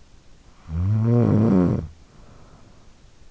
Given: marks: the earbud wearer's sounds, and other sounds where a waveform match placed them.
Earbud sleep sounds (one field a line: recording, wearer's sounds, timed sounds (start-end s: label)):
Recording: sounds in sleep by an in-ear microphone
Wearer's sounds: snoring breath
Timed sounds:
0.17-3.15 s: snoring breath